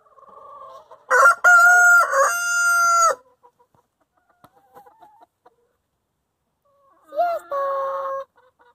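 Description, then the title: Chicken: a rooster gives a long strained crow with a broken start, quiet clucks follow, then a second shorter crow at the end. Chickens in their coop. "In the chicken coop - A csirkeólban"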